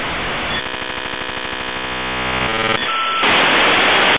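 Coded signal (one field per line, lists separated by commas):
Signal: dial-up modem handshake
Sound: buzzing multitone negotiation, a brief steady tone, then loud continuous hiss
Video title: Sonido Modem Dial Up(Conexion Telefonica)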